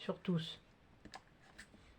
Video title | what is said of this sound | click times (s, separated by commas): montage de la lanterne (4) | Il n'a pas claqué, lui. | none